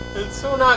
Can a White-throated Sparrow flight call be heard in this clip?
no